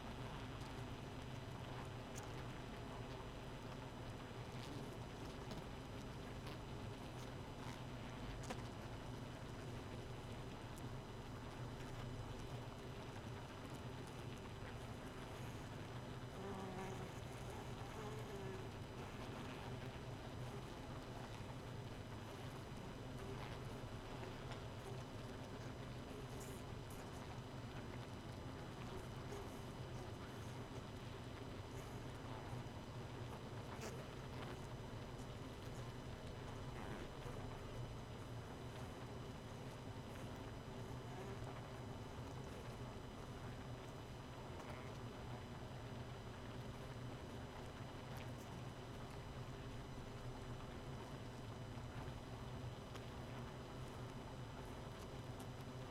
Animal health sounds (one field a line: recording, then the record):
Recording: honeybee colony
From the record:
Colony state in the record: missing queen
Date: 31 May 2018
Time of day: 0:06